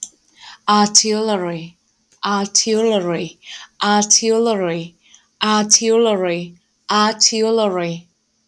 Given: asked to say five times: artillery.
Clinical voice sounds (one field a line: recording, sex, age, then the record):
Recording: repeated word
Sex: female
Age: 20 to 29 years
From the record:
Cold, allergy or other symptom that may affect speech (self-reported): no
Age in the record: 25 years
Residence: North Carolina, United States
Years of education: 12